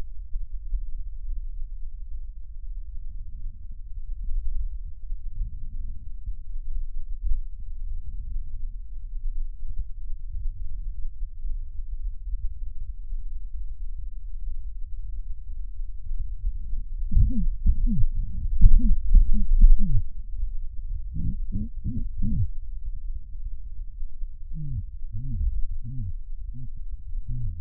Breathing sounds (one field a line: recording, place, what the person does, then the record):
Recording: lung sounds by stethoscope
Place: left posterior apical chest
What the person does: quiet breathing, then cough and speech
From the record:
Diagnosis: COPD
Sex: male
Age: 70 years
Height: 170 cm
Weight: 74 kg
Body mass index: 25.6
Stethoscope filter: bell mode